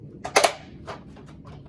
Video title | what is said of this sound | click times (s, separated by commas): How To Use A Werner Multiposition Pro Ladder Review | and then they stay stuck, and then you just kind of swing it open and it'll click into place like this. | 0.4 s